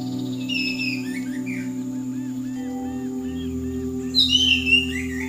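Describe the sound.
A bird sings faint high notes, then a series of soft repeated arching chirps, ending with a louder burst of bright, twittering whistles; a low hum persists beneath.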